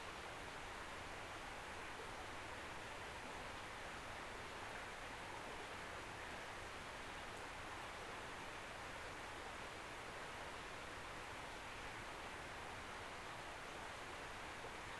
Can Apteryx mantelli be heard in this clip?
no